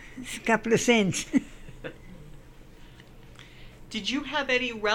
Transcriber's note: laughs